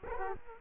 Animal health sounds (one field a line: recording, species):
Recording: mosquito wingbeat signal from an infrared sensor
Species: Culex quinquefasciatus